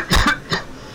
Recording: coughing mixed with background sound